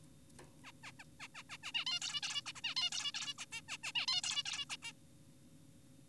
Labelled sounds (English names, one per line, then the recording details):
Zebra Finch
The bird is an adult
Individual g4p5U